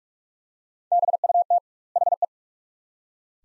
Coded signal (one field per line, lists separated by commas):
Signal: Morse code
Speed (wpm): 43 wpm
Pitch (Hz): 700 Hz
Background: none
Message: BUT HE